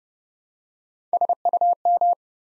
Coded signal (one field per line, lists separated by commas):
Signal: Morse code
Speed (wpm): 30 wpm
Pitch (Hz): 700 Hz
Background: none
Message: SUM